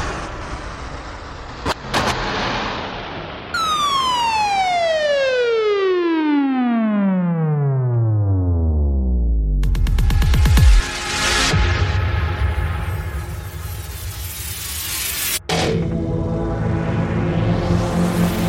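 Impact sound effects: after a low rumbling bed and a couple of quick clicks, a falling whistle drops steadily from about 3.5 to 10.5 seconds into a loud, ringing crash. A second sharp hit lands near 15 seconds, followed by a rising hiss.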